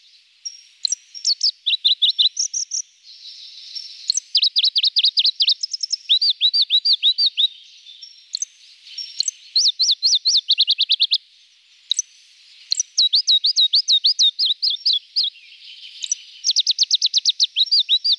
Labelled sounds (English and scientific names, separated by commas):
Pallas's Leaf Warbler (Phylloscopus proregulus) song